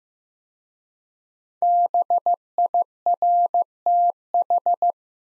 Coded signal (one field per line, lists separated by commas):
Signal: Morse code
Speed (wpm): 15 wpm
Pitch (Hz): 700 Hz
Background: none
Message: BIRTH